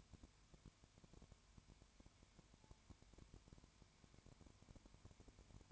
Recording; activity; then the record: daily activity, microphone in the room; no activity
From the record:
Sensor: 2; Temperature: 19.9 degrees Celsius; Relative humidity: 32.2%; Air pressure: 1001.1 hPa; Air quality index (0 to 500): 54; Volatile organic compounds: 1 ppm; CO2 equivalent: 601 ppm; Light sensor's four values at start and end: 2/3/2/2 and 2/3/2/2